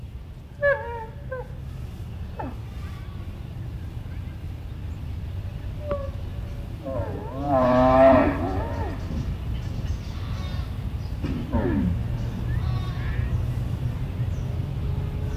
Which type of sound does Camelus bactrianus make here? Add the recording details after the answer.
defence call. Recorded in captivity. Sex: male. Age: adult. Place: Tierpark Berlin, Berlin, DE. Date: 1964-09-29 16:00. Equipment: Telefunken Magnetophon 300, Sennheiser MD 421, Transistorverstärker, Kopie Smaragd. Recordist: Tembrock, Günter